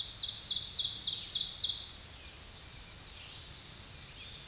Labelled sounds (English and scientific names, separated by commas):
Ovenbird (Seiurus aurocapilla) song